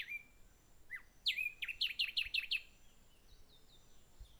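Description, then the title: Bird song: a falling whistle, then a quick run of about seven bright, sharply descending chirps, followed by softer high notes over a steady faint hiss. Birds singing at Hato Corozal, Casanare, Colombia. "Hato Corozal, Casanare, Colombia - Aves Cantando"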